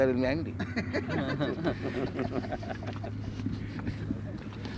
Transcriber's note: laughter